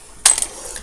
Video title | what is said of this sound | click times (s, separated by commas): Boctok, Vostok 2409 assembly 1 of 3 | I don't know if you heard that pop but you'll feel it it'll seat right on there | 0.3 s